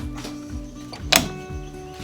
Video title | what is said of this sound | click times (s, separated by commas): CASE 580C Ram Cylinder Seal Replacement Tutorial, CASE 580C Loader | wow it just all of a sudden snapped right in that is cool | 1.2 s